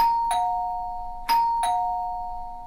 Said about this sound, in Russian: Рассмотрев ее внимательно, Андрей стянул посильнее рукав и ткнул пальцем в белую кнопку, отрывисто позвонил два раза.